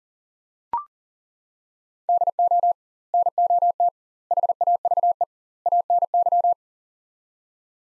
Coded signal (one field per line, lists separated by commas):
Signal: Morse code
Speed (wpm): 37 wpm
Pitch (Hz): 700 Hz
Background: none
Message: DO NOT HAVE ANY